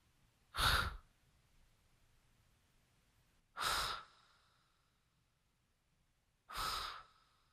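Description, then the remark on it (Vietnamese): Three slow, heavy breaths spaced a few seconds apart in a dark, damp garage, each a soft, breathy huff with a faint wheezy edge, over a quiet low hum with no talking. “Đang mải mê làm, ông bỗng nghe từ đâu có tiếng thở khe khẽ. Tiếng thở phì phò phì phò.”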